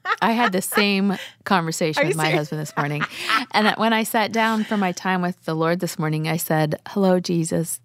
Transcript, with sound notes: I had the same conversation with my husband this morning. (laughter) When I sat down with my time with the Lord this morning, I said, “Hello, Jesus.